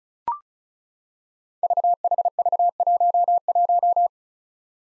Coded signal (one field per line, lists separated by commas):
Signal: Morse code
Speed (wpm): 36 wpm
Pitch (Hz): 700 Hz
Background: none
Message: VHV11